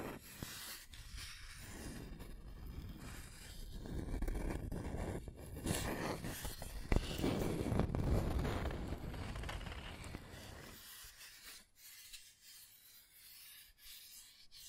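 Scratching and tracing, a dry rubbing and rasping that swells from about four seconds into a dense, grainy scrape peaking near eight seconds. The strokes are irregular, with a sharp tick around seven seconds, then thin out into quieter, sparse scratches after eleven seconds.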